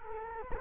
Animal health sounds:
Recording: mosquito wingbeat signal from an infrared sensor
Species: Culex quinquefasciatus

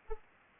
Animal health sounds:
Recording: mosquito wingbeat signal from an infrared sensor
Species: Anopheles arabiensis

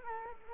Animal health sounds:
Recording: mosquito wingbeat signal from an infrared sensor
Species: Culex quinquefasciatus

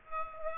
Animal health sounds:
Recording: mosquito wingbeat signal from an infrared sensor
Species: Aedes aegypti

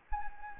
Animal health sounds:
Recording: mosquito wingbeat signal from an infrared sensor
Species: Anopheles gambiae

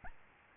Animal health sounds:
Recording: mosquito wingbeat signal from an infrared sensor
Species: Aedes albopictus

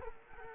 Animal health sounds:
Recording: mosquito wingbeat signal from an infrared sensor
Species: Culex quinquefasciatus

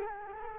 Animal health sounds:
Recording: mosquito wingbeat signal from an infrared sensor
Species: Culex quinquefasciatus

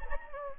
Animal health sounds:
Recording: mosquito wingbeat signal from an infrared sensor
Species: Anopheles gambiae

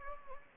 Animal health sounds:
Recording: mosquito wingbeat signal from an infrared sensor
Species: Anopheles gambiae

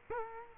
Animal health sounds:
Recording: mosquito wingbeat signal from an infrared sensor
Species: Culex quinquefasciatus

